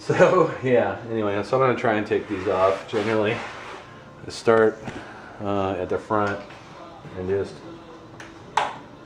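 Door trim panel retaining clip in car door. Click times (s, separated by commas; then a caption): 8.6 s. Someone talks while pulling on the bottom of a car's door trim panel to take it off. A plastic retaining clip snaps loose with a sharp crack at 8.6 s, releasing that part of the panel.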